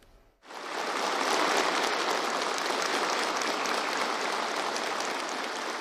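Warm, dense applause from a large crowd of meeting delegates at the Jingxi Hotel, as Xi Jinping arrives to meet them, bursts in after a brief quiet moment and continues steadily at full strength, with no voices rising above the clapping.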